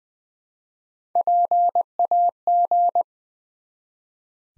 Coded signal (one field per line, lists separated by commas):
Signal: Morse code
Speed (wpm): 20 wpm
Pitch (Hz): 700 Hz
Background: none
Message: PAG